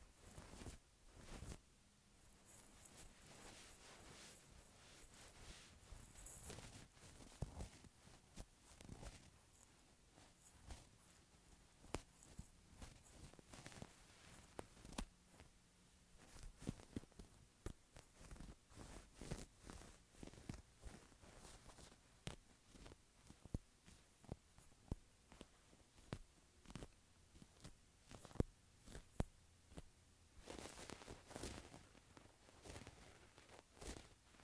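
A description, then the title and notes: A wool shirt is handled, with dense, irregular rustles and scratchy brushes of fabric throughout. Sharp snaps and crisp grabs come every second or so, clustering more heavily after the midpoint. A faint low hum sits underneath early on. ASMR Wool Shirt.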